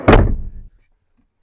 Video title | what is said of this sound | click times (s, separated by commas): Bus build and changes in the desert | locks in place. | 0.1 s